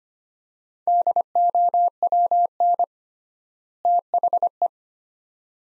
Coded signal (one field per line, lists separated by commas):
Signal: Morse code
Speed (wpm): 25 wpm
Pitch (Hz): 700 Hz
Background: none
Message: DOWN THE